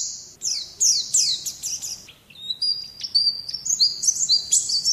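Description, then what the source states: White-eye song: bright descending slurred notes at the start, then a rapid high twitter of short sharp notes and thin trills. Song in the ngalas singing style.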